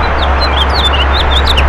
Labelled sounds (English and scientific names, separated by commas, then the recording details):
House Finch (Haemorhous mexicanus) song
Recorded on Long Island, New York, on 14 June 2012
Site CH
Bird B